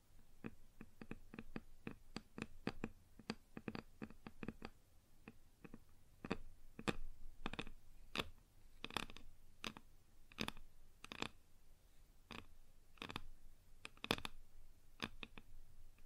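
Fingers tap on a wooden surface in a loose, irregular series of sharp knocks, quick clusters in the first seconds, then sparser, louder strikes spaced about half a second to a second apart. A faint low rumble sits underneath throughout.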